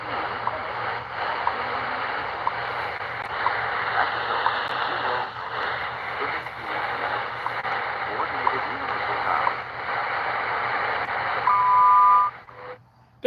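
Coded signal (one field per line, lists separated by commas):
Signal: radio time signal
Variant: WWV and WWVH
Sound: hissing shortwave static, then two steady high tones sounding together for under a second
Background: radio static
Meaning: The 0.8-second 1000 Hz and 1200 Hz tones mark the start of a minute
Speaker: oh we are getting both of them on 15 both Hawaii and Colorado [Applause] coordinated universal time [Applause] WWV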